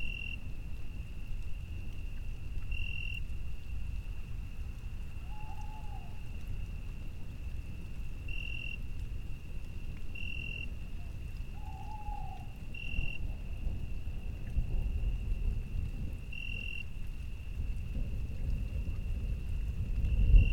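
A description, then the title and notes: A steady low rumble fills a quiet summer night, swelling a little toward the end like distant thunder. Above it an insect holds one high, unbroken note, brightening in short pulses every few seconds, and a bird gives two brief calls around five and twelve seconds. SUMMER NIGHT THUNDER.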